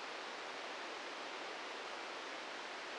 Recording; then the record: brain microelectrode recording played as sound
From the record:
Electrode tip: inside the subthalamic nucleus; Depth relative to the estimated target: -1 mm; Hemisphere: right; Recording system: NeuroSet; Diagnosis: Parkinson's disease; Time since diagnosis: 13 years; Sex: male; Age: 63 years